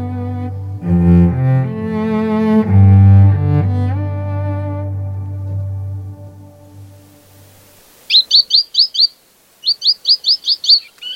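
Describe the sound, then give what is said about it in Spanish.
Sustained low musical tones fade out. Then a masked gnatcatcher sings two quick bursts of thin, high, buzzy chirps, about five or six notes each, separated by a short pause. “Nosotras, las tacuaritas azules, llevamos el peinado de color cielo nublado, que se nos va también en el pecho y dorso.”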